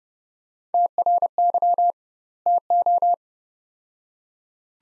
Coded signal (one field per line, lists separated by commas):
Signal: Morse code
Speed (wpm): 29 wpm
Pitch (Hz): 700 Hz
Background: none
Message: TRY TO